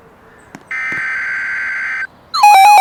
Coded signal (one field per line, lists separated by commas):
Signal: Emergency Alert System (SAME) tones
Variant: header bursts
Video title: EAS scenario Derecho storm